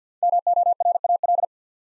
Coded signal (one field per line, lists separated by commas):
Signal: Morse code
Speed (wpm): 48 wpm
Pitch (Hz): 700 Hz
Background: none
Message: MORAL